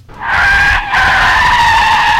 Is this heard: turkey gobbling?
no